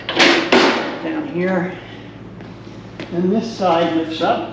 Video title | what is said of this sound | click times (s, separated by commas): 2025 EOY Update | Uh, then this lifts up and it clicks in place down here. | 0.1 s, 0.5 s